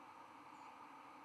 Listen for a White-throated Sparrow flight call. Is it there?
yes